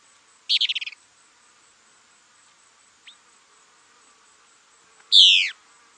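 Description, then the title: Plain-crested elaenia: a fast rattled phrase, then a loud buzzy downslurred note a few seconds later, against a faint high insect drone. "LuckyPassaro Completos2Sama. Plain-crested Elaenia (Elaenia cristata)"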